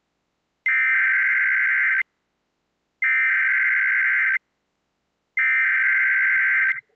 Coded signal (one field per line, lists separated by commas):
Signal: Emergency Alert System (SAME) tones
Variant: header bursts